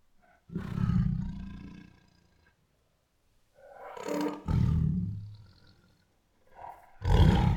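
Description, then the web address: Tiger giving several deep, rough growls separated by short silences. Female tiger making many protective growls. "Sound Ideas Tigers Sound Effects"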